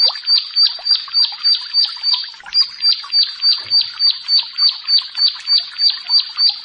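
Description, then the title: Bar-winged prinia song of regular high chirps, about three per second, with a short stumble midway before the even rhythm resumes. "Ciblek Sawah 1"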